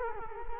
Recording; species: mosquito wingbeat signal from an infrared sensor; Culex quinquefasciatus